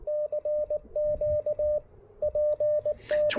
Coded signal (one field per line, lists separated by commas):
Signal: Morse code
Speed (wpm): 18 wpm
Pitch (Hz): 600 Hz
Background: radio noise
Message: CQ PT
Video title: Pairing the Chameleon Tactical Delta Loop with the Icom IC-705 for some serious QRP POTA fun!